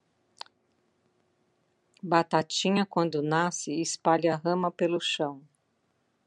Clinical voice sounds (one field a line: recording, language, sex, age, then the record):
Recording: short text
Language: Brazilian Portuguese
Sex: female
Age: 60 to 69 years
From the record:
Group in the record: control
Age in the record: 62 years